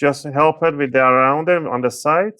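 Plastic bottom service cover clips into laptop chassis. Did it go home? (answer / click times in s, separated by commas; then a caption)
no / none. Someone talks while refitting the plastic bottom service cover on an Acer Predator 15 G9-593 (N15P3) gaming laptop, angling it down at 45 degrees and pressing the sides so its clips will snap into the chassis. Only speech is heard in this moment; the cover has not seated or clicked yet.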